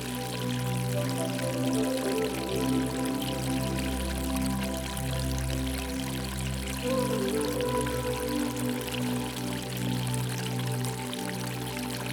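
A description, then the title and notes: Soft, sustained spa music of held low drones and warm layered tones plays over a steady rush of falling water that hisses across the high end. The mix stays even and unbroken throughout, with the tones shifting gently around four and seven seconds. Spa Music and Waterfalls.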